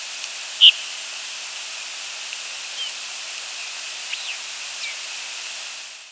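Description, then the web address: Rose-breasted grosbeak uttering one brief, sharp chip-like squeak in the first second, then only a few faint ticks against a steady hiss. "grosbeak rbgr"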